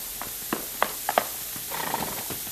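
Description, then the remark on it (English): Horse hooves clop in a handful of sharp, uneven beats, followed by a short, rough whinny, with no one talking. “Don't get up till I get off this horse.”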